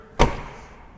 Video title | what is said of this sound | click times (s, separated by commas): C4 vs C5 Corvette Full Break Down by Robert. Which is BETTER? | and it clicks in place. | 0.2 s